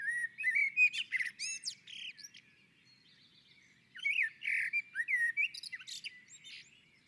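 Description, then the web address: Common blackbird song: rich fluty warbles mixed with high squeaky twittering, two phrases with a brief pause between them. On a roof. "Naturinspelningar Koltrast på taket"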